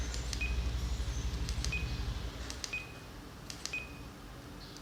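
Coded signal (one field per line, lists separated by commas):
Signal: none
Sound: radio's key beeps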